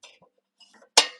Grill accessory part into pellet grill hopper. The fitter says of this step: So let's slide this in until we hear it click like that.